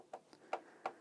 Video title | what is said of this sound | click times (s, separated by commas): Ensoniq SQ-80 Easy battery replacement using standard CR2032 coincell batteries | so yeah just go back and you'll hear it click as it drops into its original thread | 0.5 s, 0.9 s